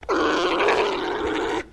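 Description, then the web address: Alpaca mating call: one steady, throaty, droning grunt lasting about one and a half seconds, with no other sounds. Male alpaca giving a mating call. "Sound Effects-Foundation 1 ANIMAL ALPACA MALE MATING CALL"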